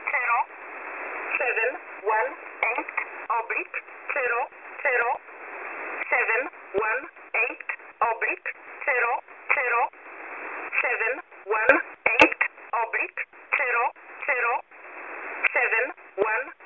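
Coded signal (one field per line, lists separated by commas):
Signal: numbers station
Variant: E11 Oblique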